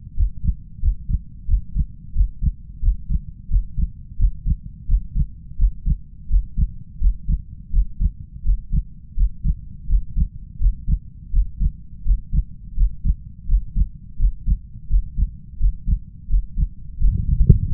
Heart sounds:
heart sounds by stethoscope; 86 bpm
0.14 s: heartbeat
0.80 s: heartbeat
1.46 s: heartbeat
2.13 s: heartbeat
2.80 s: heartbeat
3.48 s: heartbeat
4.16 s: heartbeat
4.86 s: heartbeat
5.56 s: heartbeat
6.28 s: heartbeat
6.99 s: heartbeat
7.70 s: heartbeat
8.43 s: heartbeat
9.15 s: heartbeat
9.87 s: heartbeat
10.58 s: heartbeat
11.31 s: heartbeat
12.03 s: heartbeat
12.75 s: heartbeat
13.46 s: heartbeat
14.17 s: heartbeat
14.88 s: heartbeat
15.58 s: heartbeat
16.27 s: heartbeat
16.98 s: heartbeat
17.67 s: heartbeat
From the record:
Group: healthy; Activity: breath hold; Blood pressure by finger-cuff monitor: 116/86 mmHg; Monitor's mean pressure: 94 mmHg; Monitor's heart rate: 85 bpm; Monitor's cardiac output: 6 L/min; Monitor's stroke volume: 70 mL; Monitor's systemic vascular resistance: 1150 dyn s/cm5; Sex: male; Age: 21 years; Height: 180 cm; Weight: 67.5 kg

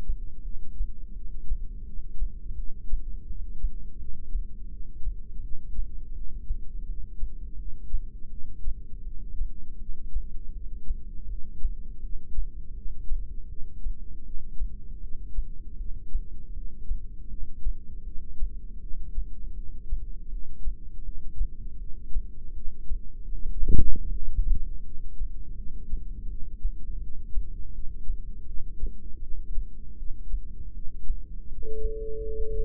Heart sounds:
heart sounds by microphone in the left ear; 81 bpm
0.43 s: heartbeat
1.14 s: heartbeat
1.85 s: heartbeat
2.56 s: heartbeat
3.27 s: heartbeat
3.98 s: heartbeat
4.69 s: heartbeat
5.41 s: heartbeat
6.13 s: heartbeat
6.86 s: heartbeat
7.57 s: heartbeat
8.30 s: heartbeat
9.04 s: heartbeat
9.78 s: heartbeat
10.53 s: heartbeat
11.27 s: heartbeat
12.01 s: heartbeat
12.74 s: heartbeat
13.49 s: heartbeat
14.24 s: heartbeat
15.01 s: heartbeat
15.78 s: heartbeat
16.54 s: heartbeat
17.29 s: heartbeat
18.05 s: heartbeat
18.80 s: heartbeat
19.55 s: heartbeat
20.30 s: heartbeat
21.04 s: heartbeat
21.79 s: heartbeat
22.54 s: heartbeat
23.32 s: heartbeat
24.09 s: heartbeat
24.84 s: heartbeat
25.57 s: heartbeat
26.29 s: heartbeat
27.01 s: heartbeat
27.73 s: heartbeat
28.46 s: heartbeat
29.21 s: heartbeat
29.97 s: heartbeat
30.74 s: heartbeat
31.49 s: heartbeat
32.23 s: heartbeat
From the record:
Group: heart failure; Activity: rest 0-31 s, breath hold 31-33 s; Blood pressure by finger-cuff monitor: 174/118 mmHg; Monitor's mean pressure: 140 mmHg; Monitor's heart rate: 80 bpm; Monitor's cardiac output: 7.8 L/min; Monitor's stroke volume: 97 mL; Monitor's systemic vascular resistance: 1370 dyn s/cm5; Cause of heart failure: non-ischemic cardiomyopathy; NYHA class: 1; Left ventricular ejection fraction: 62%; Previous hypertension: present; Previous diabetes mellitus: present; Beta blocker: bisoprolol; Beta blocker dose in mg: 10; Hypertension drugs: sacubitril-valsartan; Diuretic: furosemide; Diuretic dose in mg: 20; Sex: male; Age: 49 years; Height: 167 cm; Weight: 110 kg

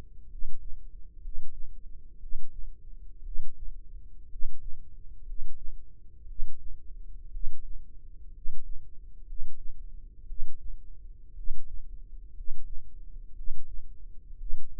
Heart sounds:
heart sounds by microphone in the left ear; 60 bpm
0.26 s: heartbeat
1.18 s: heartbeat
2.17 s: heartbeat
3.20 s: heartbeat
4.26 s: heartbeat
5.22 s: heartbeat
6.24 s: heartbeat
7.28 s: heartbeat
8.30 s: heartbeat
9.23 s: heartbeat
10.23 s: heartbeat
11.32 s: heartbeat
12.31 s: heartbeat
13.32 s: heartbeat
14.34 s: heartbeat
From the record:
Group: healthy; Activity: cold pressor test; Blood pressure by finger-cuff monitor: 103/50 mmHg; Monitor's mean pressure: 63 mmHg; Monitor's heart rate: 60 bpm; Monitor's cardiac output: 7.3 L/min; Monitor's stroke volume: 122 mL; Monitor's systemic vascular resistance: 610 dyn s/cm5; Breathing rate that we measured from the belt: 16 breaths a minute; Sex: male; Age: 22 years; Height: 185 cm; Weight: 112.4 kg

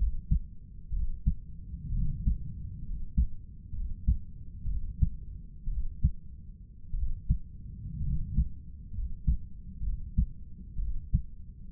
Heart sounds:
heart sounds by stethoscope; 61 bpm
0.94 s: heartbeat
1.94 s: heartbeat
2.86 s: heartbeat
3.76 s: heartbeat
4.69 s: heartbeat
5.70 s: heartbeat
6.96 s: heartbeat
8.05 s: heartbeat
8.95 s: heartbeat
9.85 s: heartbeat
10.80 s: heartbeat
From the record:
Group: healthy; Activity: rest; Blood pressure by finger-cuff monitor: 140/89 mmHg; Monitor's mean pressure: 102 mmHg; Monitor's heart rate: 63 bpm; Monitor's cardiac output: 6.9 L/min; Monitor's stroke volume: 112 mL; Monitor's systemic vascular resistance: 1080 dyn s/cm5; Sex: male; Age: 30 years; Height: 188 cm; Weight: 110.2 kg

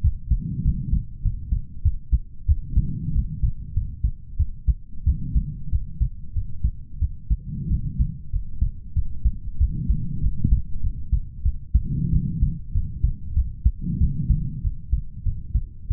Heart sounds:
heart sounds by stethoscope; 95 bpm
0.02 s: heartbeat
0.63 s: heartbeat
1.23 s: heartbeat
1.83 s: heartbeat
2.46 s: heartbeat
3.13 s: heartbeat
3.74 s: heartbeat
4.37 s: heartbeat
5.04 s: heartbeat
5.70 s: heartbeat
6.34 s: heartbeat
6.99 s: heartbeat
7.68 s: heartbeat
8.31 s: heartbeat
8.94 s: heartbeat
9.58 s: heartbeat
10.21 s: heartbeat
10.81 s: heartbeat
11.43 s: heartbeat
12.11 s: heartbeat
12.72 s: heartbeat
13.34 s: heartbeat
13.98 s: heartbeat
14.62 s: heartbeat
15.23 s: heartbeat
15.88 s: heartbeat
From the record:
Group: healthy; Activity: rest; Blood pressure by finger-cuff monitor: 109/72 mmHg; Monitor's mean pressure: 82 mmHg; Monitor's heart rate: 96 bpm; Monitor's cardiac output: 7.2 L/min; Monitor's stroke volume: 75 mL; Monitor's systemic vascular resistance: 830 dyn s/cm5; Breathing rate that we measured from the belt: 27 breaths a minute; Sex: male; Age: 20 years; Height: 187 cm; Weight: 68.9 kg

